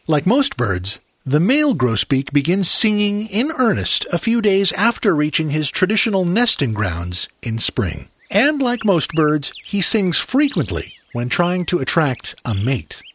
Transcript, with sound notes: Like most birds, the male grosbeak begins singing in earnest a few days after reaching his traditional nesting grounds in spring. [Black-headed Grosbeak song] And, like most birds, he sings frequently when trying to attract a mate.